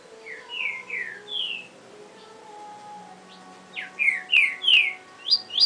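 Double-collared seedeater song: four clear slurred whistles, a quiet gap, then a livelier series of sharp, dropping whistled notes.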